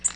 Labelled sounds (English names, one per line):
Tennessee Warbler flight call